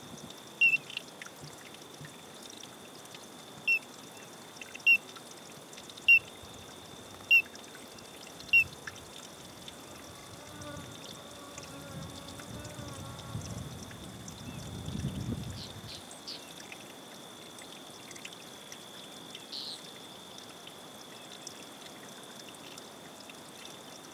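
Outdoor park soundscape with a steady high insect drone, sharp regular chirps early on, a wavering call midway, and faint trickling water.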